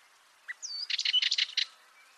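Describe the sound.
Bird delivering one short phrase: a single chip, a falling whistle, then a quick stuttering series of high, clustered notes over faint background hiss.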